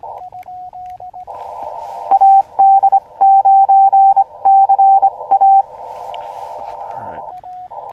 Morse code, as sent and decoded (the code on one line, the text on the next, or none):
.- -.. ----. -.-. .-
AD9CA